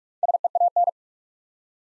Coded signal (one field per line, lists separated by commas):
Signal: Morse code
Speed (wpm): 42 wpm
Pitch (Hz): 700 Hz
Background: none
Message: SEAN